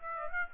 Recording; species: mosquito wingbeat signal from an infrared sensor; Aedes aegypti